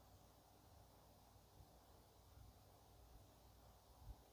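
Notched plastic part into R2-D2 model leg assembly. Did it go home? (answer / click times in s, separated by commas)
no / none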